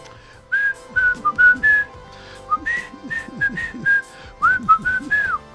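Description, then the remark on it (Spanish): A musician whistles a melody in three short phrases, clear mid-high notes that slide and bend between pitches, with brief pauses in between and a low murmur underneath. “El de … era alucinante ver a los … entrando al supermercado y agarrando los escabios. El whisky a … silbando.”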